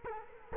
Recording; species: mosquito wingbeat signal from an infrared sensor; Culex quinquefasciatus